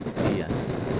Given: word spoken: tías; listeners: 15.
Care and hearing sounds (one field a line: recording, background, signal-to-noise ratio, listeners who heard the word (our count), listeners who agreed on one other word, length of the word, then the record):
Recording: one Spanish word in noise, from a listening test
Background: noise modulated by three-talker babble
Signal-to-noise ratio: -5.8 dB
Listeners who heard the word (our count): 2 of 15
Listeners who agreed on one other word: 8 of 15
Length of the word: 0.60 s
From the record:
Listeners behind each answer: 8, 4, 2, 1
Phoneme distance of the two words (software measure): 10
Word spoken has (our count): 2 syllables, 4 phonemes, stress on syllable 1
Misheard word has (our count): 2 syllables, 4 phonemes, stress on syllable 1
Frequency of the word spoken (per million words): 4.62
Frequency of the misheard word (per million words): 492.55